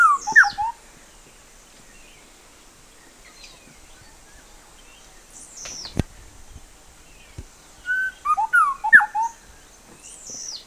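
Bird calls: a quick burst of clear whistled notes sliding down around the middle range opens and returns near the end, with thin high downward sweeps scattered between, over a faint hiss.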